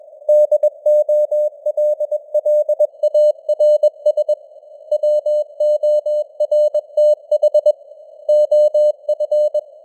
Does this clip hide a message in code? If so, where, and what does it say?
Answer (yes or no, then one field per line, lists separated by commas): yes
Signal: Morse code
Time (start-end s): 0.3-9.6 s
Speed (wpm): 21 wpm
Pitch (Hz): 600 Hz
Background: none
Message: DOLLARS WORTH OF